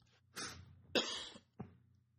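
Three sharp, noisy bursts in about two seconds, the middle one loudest and the last brief, in a quiet small room. An ordinary adult cough, with no wheeze or stridor between the bursts.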